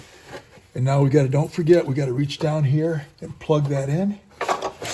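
Someone talks while reaching down to plug a plastic wiring harness connector onto a new intake variable valve timing solenoid on a Chevy HHR. A single sharp click is heard at 4.4 s, and the connector is seated.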